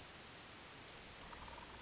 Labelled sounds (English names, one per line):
California Towhee